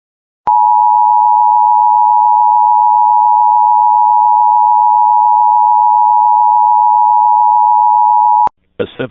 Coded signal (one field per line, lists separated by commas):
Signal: Emergency Alert System (SAME) tones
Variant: 853 and 960 Hz attention tone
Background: speech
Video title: Child abduction emergency Eas #5